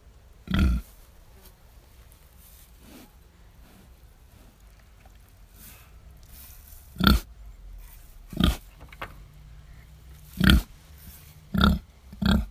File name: Piggies